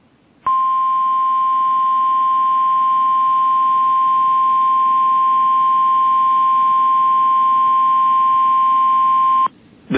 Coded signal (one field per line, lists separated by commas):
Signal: Emergency Alert System (SAME) tones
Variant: 1050 Hz attention tone